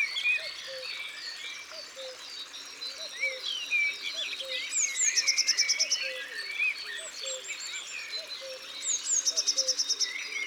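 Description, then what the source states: Eurasian blue tit song: rapid high trills repeated twice, each a quick run of identical notes, within a busy chorus of other birds and recurring low whistled notes. Isère, France.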